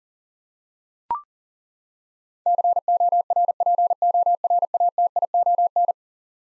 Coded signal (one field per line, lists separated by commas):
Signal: Morse code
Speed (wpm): 40 wpm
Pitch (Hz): 700 Hz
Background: none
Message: CORPORATION